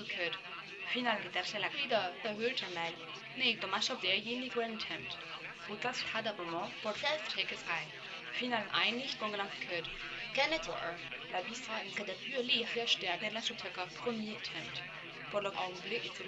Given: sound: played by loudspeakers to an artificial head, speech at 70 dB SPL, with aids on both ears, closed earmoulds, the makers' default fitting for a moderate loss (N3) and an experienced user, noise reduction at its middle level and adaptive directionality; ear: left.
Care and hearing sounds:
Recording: speech test signal (ISTS) in cocktail-party noise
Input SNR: +6 dB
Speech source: in front (0 degrees)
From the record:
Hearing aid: class 1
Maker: F

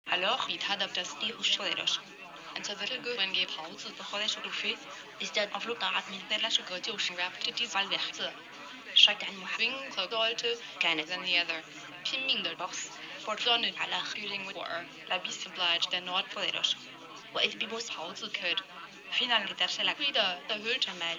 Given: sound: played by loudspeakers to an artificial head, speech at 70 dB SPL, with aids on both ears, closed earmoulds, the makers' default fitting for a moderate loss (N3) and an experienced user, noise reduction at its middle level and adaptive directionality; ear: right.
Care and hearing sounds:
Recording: speech test signal (ISTS) in cocktail-party noise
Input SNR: +3 dB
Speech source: on the right (90 degrees)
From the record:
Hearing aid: class 1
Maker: G

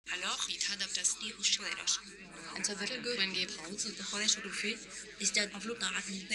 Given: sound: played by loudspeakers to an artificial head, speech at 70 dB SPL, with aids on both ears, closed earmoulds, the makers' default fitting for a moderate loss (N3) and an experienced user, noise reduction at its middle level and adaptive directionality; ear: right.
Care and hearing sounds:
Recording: speech test signal (ISTS) in cocktail-party noise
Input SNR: +3 dB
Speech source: on the right (90 degrees)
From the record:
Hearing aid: class 1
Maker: H

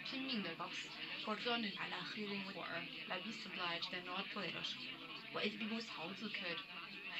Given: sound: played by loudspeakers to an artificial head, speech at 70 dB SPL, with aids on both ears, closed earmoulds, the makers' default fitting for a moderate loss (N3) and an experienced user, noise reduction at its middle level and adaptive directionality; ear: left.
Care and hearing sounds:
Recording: speech test signal (ISTS) in cocktail-party noise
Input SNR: +9 dB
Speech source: on the right (90 degrees)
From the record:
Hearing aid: class 1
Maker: D

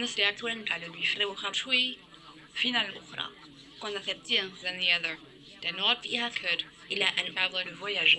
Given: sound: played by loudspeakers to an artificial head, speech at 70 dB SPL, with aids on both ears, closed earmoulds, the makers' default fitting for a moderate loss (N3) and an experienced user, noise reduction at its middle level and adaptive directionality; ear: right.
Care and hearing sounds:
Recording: speech test signal (ISTS) in cocktail-party noise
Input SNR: +9 dB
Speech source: in front (0 degrees)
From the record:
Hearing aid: class 1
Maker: C

